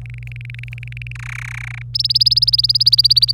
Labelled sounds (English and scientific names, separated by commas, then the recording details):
Domestic Canary (Serinus canaria) song
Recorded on 25 April 2018 at 14:02
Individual llb3